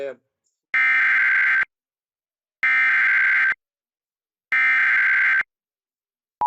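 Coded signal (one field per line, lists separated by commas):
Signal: Emergency Alert System (SAME) tones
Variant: header bursts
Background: speech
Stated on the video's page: Flood Warning for Hunterdon County aired on a public TV station, relayed via EMnet rather than NOAA Weather Radio.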